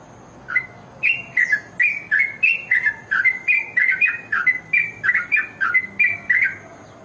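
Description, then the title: Oriental magpie-robin starting after a short quiet moment, then pouring out rapid whistled and chirping notes in an even, lively sequence. "Kicau Kacer"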